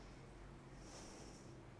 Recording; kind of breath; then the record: one breath in and out by a microphone near the nose and mouth; normal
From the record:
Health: marked as sick, illness not named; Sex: female